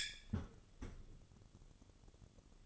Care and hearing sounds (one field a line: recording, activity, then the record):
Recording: daily activity, microphone in the room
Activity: close fridge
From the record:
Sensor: 4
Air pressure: 1008.6 hPa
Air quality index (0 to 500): 75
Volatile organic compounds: 1 ppm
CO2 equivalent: 632 ppm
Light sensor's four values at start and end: 14/31/13/14 and 14/32/13/14